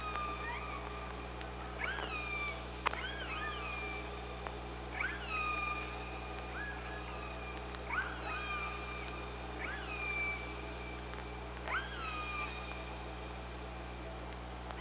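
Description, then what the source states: Killer whale pulsed calls repeat roughly every two to three seconds, each with a quick upsweep into a sustained harmonic tone, over constant low underwater hum and a few clicks. Recorded by OrcaLab hydrophone on 24 August 2017 at 05:27.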